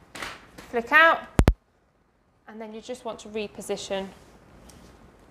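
Someone talks while a baby carry cot is handled and repositioned over a pushchair chassis, with two sharp knocks around 1.4 and 1.5 s followed by a brief silence. The carry cot has not yet been pushed down onto the frame, and nothing has clicked or locked into place yet.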